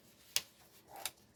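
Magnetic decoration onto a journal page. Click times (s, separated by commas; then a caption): 0.4 s. A removable decoration with a magnet is pressed onto a writing page of a journal and snaps into place with a sharp click at 0.4 s. A softer click follows at 1.1 s, and the magnetic decoration is seated.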